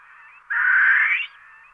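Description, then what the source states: Barbary partridge call, a single harsh rasping burst lasting under a second, between quieter muffled hiss. Recorded in Sardinia.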